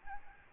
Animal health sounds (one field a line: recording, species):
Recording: mosquito wingbeat signal from an infrared sensor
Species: Aedes albopictus